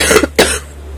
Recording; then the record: coughing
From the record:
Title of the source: 30 Chesty and wet cough